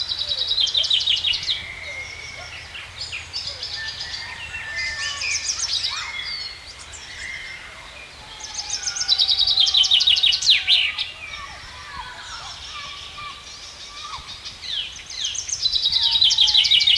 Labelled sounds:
Common Chaffinch (Fringilla coelebs) song
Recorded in the wild
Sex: male
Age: adult
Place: Putbus, Schloßpark, Insel Rügen, Mecklenburg-Vorpommern, DE
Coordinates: 54.3511, 13.4736
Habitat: park
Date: 1979-06-22 11:20
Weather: sunny, 24°C, light winds
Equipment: ITT Schaub-Lorenz Studio Recorder 72, Verstärker, Sennheiser MD 421 HL, Kopie Uher 4200 Report
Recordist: Tembrock, Günter

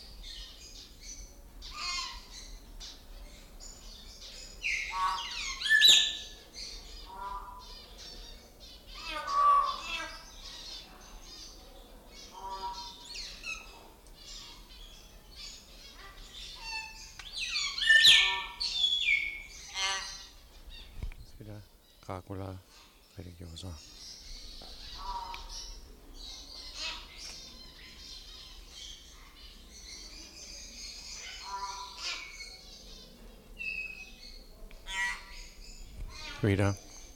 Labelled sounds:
Common Hill Myna (Gracula religiosa) call
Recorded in captivity
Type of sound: call
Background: Mino dumontii, Leucopsar rothschildi
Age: adult
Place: Vogelpark Bad Rothenfelde, Niedersachsen, DE
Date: 1991-09-16
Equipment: Marantz, Sennheiser ME 80, Kopie Tesla B 116
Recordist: Tembrock, Günter
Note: Lautfolgen mit Imitation von Mino dumontii

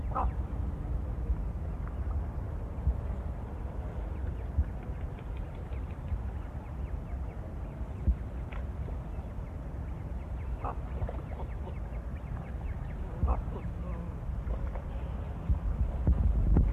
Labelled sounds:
Great Cormorant (Phalacrocorax carbo) call
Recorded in the wild
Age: adult
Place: Königswartha, Oberlausitz, Sachsen, DE
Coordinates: 51.3544, 14.3306
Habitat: pond
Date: 1989-08-06 17:04
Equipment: Riporter 6 RG-K, Sennheiser MKH 416 T, Kopie Uher Report Stereo IC
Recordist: Frommolt, Karl-Heinz
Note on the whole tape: Teichgebiet Wartha: Rufe von Kormoranen auf dem Wasser schwimmend. Zugansammlung

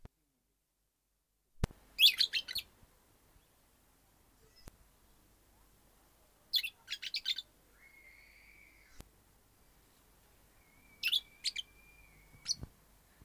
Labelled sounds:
Golden-shouldered Parrot (Psephotus chrysopterygius) call
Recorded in captivity
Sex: pair
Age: adult
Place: Tiergarten Wilhelma/Stuttgart, Baden-Württemberg, DE
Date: 2002-10-05 14:20
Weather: heiter, 15°C
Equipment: Nagra SN, Kopie Uher 4000 Report Monitor
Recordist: Tembrock, Günter
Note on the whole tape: Hooded-Sittich (P.c.dissimilis): Paar; diverse Laute

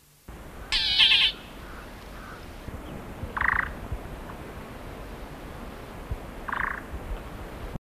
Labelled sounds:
Crimson-breasted Shrike (Laniarius atrococcineus) call
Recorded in captivity
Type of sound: call
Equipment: Halbspur, 9,5 cm/s
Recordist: Lütgens, Hans
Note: Rufe

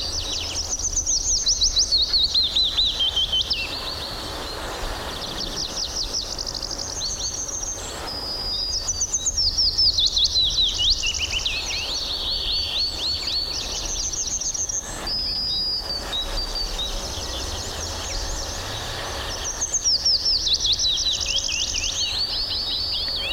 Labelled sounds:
Yellowhammer (Emberiza citrinella)
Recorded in the wild
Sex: male
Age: adult
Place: Berlin Blankenfelde, Berlin, DE
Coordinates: 52.626, 13.392
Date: 1993-04-20 10:44
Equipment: Sony WM-D6C, Sennheiser ME 80, K 30 AV, Kopie Tascam 22-2
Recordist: Quaisser, Christiane

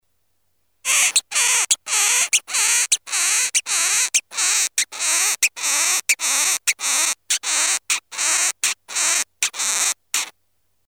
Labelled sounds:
Cerambyx Longicorn (Cerambyx cerdo)
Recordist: Tembrock, Günter
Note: Stridulationsgeräusche

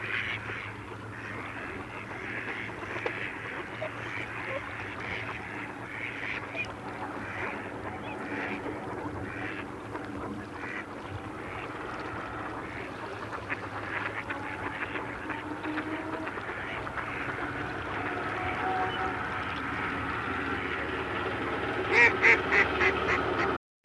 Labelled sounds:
Mallard (Anas platyrhynchos) call
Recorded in the wild
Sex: male
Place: Putbus, Insel Rügen, Mecklenburg-Vorpommern, DE
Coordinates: 54.336, 13.464
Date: 1980-02-24
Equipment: Nagra III BH, Sennheiser MD 21, parabola
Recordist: Schubert, Michael
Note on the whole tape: Große Schar Stockenten, bunte Ruf-Mischung

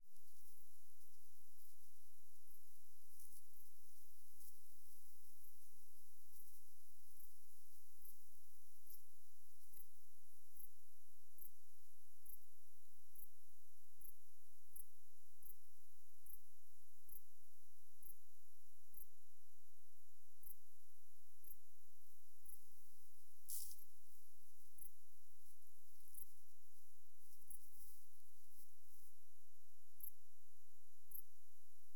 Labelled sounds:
Dark Bush-cricket (Pholidoptera griseoaptera) stridulation
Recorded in the wild
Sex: male
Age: adult
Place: Kuresaare Castle, Saaremaa Island, EE
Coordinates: 58.2494, 22.4758
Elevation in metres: 35
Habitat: park
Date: 2023-08-21 21:12
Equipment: Smartphone Huwai P20 Lite, EMT2 Pro, Batcorder app
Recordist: Frommolt, Karl-Heinz
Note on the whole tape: Song of Pholidoptera griseoaptera including ultrasonic components

